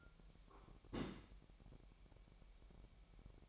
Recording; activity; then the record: daily activity, microphone in the room; place on stove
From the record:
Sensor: 1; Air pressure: 1012.2 hPa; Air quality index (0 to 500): 219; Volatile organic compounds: 5 ppm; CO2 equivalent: 1749 ppm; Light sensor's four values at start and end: 75/177/75/79 and 75/177/75/79